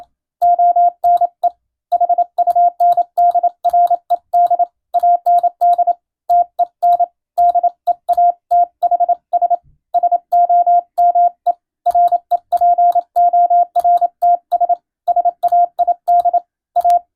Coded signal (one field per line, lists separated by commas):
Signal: Morse code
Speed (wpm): 27 wpm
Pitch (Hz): 700 Hz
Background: none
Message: ONE HUNDRED AND TEN DEATHS SOME REPORTS SAID A